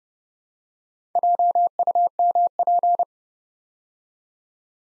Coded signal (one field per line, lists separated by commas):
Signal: Morse code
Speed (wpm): 30 wpm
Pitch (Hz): 700 Hz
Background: none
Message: JUMP